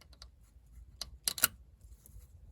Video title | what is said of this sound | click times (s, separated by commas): DIY - 2012 Range Rover Sport SDV6: Change the diesel fuel filter | obviously push until it clicks | 1.3 s, 1.4 s